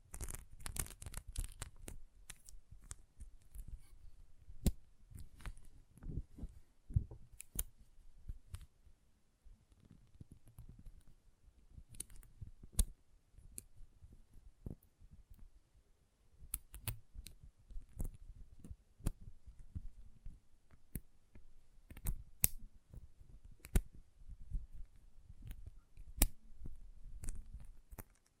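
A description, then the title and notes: Intense magnetic tingles: sharp, bright clicks and snaps arrive at an irregular pace, sometimes in quick clusters, sometimes spaced a second or two apart. Beneath them runs a low, rumbling rustle of handling that swells and fades throughout. ASMR Intense Magnetic Tingles (No Talking).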